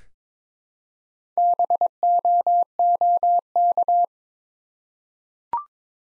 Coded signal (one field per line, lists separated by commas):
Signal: Morse code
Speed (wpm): 22 wpm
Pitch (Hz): 700 Hz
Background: none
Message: BOOK